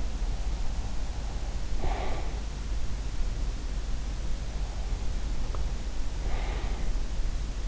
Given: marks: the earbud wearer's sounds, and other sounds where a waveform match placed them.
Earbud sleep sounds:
sounds in sleep by an in-ear microphone; breath
1.83-2.39 s: breath

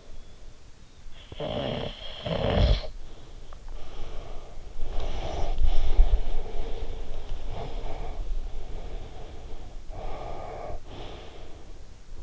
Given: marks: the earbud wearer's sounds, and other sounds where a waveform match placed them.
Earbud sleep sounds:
sounds in sleep by an in-ear microphone; snoring breath, breath
0.76-3.13 s: snoring breath
3.46-12.13 s: breath

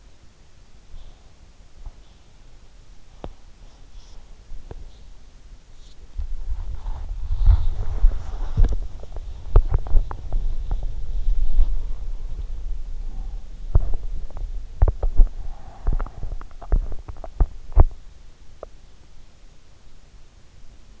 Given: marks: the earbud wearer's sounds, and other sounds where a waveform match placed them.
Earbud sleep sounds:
sounds in sleep by an in-ear microphone; body movement, teeth grinding, breath
0.53-9.05 s: body movement
8.53-11.06 s: teeth grinding
11.06-13.47 s: breath
13.63-15.32 s: teeth grinding
15.32-16.29 s: breath
15.80-18.83 s: teeth grinding

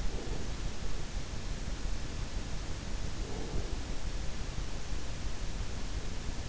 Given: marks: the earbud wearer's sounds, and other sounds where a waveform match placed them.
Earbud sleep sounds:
sounds in sleep by an in-ear microphone; breath
0.00-0.58 s: breath
3.20-3.88 s: breath

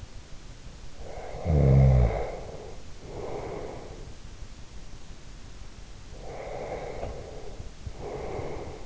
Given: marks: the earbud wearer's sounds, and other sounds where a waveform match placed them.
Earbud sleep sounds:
sounds in sleep by an in-ear microphone; snoring breath, breath
0.95-4.09 s: snoring breath
6.18-8.86 s: breath

